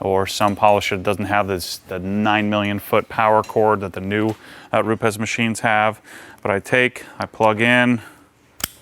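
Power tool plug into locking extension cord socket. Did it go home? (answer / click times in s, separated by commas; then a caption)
yes / 8.6 s. A polisher's power plug is pushed into a locking extension cord receptacle while someone talks. A single sharp click at 8.6 s marks the plug snapping into place and locking in.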